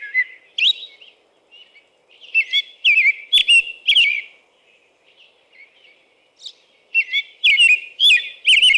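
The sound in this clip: American robin sings clear, slurred whistled phrases in clusters, with quiet pauses between bursts and a few higher squeaky notes.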